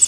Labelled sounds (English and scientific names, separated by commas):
Pine Warbler (Setophaga pinus) flight call